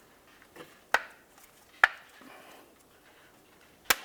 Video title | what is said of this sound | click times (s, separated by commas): How To Replace Crankshaft Position Sensor 2000-2005 Buick LeSabre | Listen for a click from all 3 to make sure it's completely secured. | 0.9 s, 1.8 s, 3.9 s